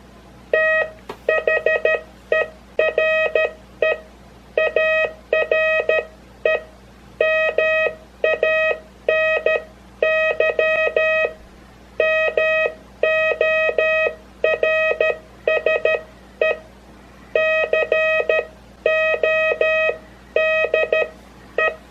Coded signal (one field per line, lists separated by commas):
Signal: Morse code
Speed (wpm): 13 wpm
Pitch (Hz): 630 Hz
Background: none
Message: THERE ARE MANY MORSE CODE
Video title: Morse Code (CW) Sending Details and Practice Tips